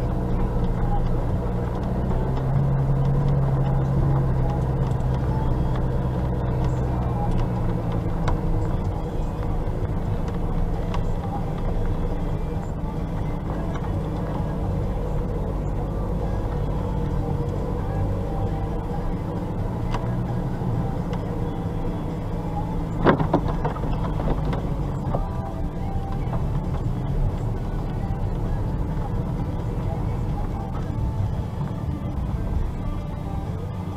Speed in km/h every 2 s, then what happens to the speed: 11, 12, 12, 12, 13, 13, 13, 10, 12, 12, 12, 12, 9, 6, 9, 5, 0.
0-23 steady at about 12. 23-31 slows to 0. 31-34 standing.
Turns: 10-15, 23-29.